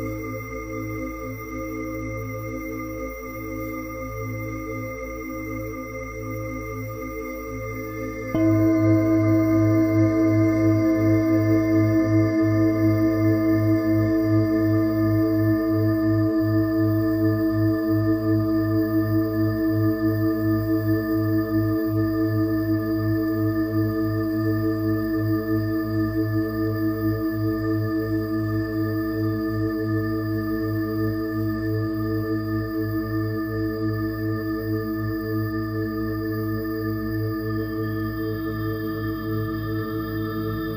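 A singing bowl hums with a steady, layered ring of low and middle tones. Around eight seconds a fresh strike makes it suddenly louder and adds brighter overtones, which then sustain and fade only slowly for the rest of the clip.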